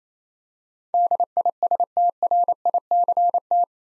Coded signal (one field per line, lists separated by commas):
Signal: Morse code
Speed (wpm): 29 wpm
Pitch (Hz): 700 Hz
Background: none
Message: DISTRICT